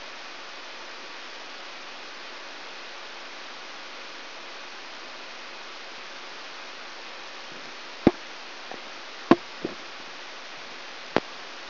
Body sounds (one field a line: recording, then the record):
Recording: brain microelectrode recording played as sound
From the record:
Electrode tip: outside the subthalamic nucleus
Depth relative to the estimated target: -8 mm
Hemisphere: left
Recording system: AlphaMap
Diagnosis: Parkinson's disease